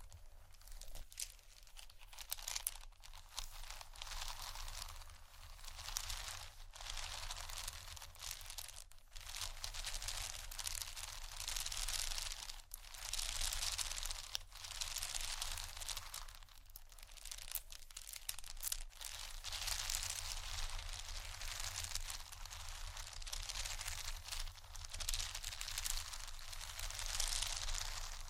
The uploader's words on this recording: ASMR Tappingscratching Galore 4 Bags (No Talking).